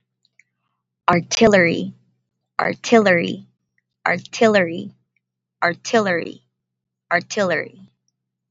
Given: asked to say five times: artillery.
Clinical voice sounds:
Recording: repeated word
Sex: female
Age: 20 to 29 years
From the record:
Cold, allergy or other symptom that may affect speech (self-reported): no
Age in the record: 29 years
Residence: California, United States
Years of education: 13

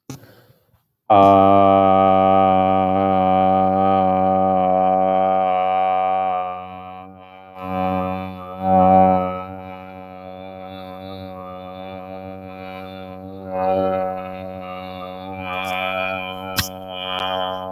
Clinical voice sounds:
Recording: vowel held as long as possible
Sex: male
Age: 20 to 29 years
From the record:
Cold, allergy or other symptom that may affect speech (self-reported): no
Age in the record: 23 years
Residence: Minnesota, United States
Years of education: 16

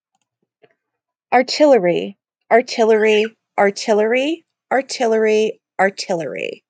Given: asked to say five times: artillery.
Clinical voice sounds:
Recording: repeated word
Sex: female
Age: 30 to 39 years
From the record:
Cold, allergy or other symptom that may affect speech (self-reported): no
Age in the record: 38 years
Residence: Massachusetts, United States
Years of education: 14

